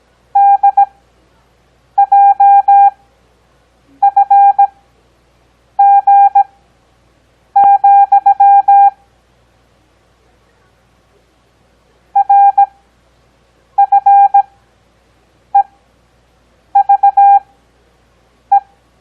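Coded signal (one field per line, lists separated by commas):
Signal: Morse code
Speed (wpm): 17 wpm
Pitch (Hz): 800 Hz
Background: none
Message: DJFG, RFEVE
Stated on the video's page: Morse code copy practice covering letters, digits and punctuation, Farnsworth timing with 17 WPM characters at 6 WPM overall.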